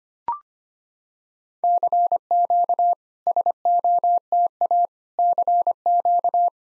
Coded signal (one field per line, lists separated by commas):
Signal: Morse code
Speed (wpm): 25 wpm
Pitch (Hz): 700 Hz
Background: none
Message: CQ SOTA CQ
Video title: SOTA QSO Practice 25wpm